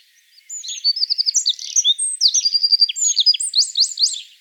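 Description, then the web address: Eurasian wren song: a loud, very high, rapid outpouring of sharp notes and fast trills, tumbling up and down without pause for about four seconds. "vogelstimmen zaunkoenig gesang nabu lars lachmann"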